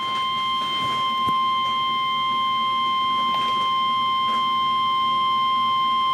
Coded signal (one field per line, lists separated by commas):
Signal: Emergency Alert System (SAME) tones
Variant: 1050 Hz attention tone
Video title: NOAA Weather Radio and Environment Canada Severe Thunderstorm Warning